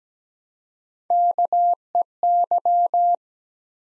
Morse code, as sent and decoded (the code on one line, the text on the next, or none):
-.- . -.--
KEY